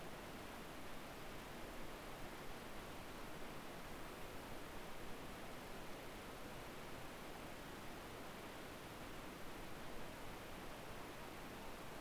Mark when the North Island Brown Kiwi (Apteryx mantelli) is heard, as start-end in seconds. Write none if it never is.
none